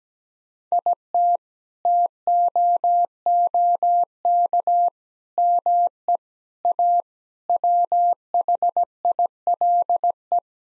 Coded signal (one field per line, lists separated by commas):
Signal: Morse code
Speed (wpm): 17 wpm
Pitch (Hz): 700 Hz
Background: none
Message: IT TOOK ME A WHILE